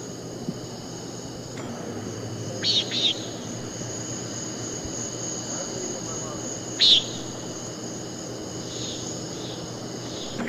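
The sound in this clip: Common nighthawk giving short, nasal buzzy peent calls: a close pair near three seconds, then one more near seven, over a steady high insect drone.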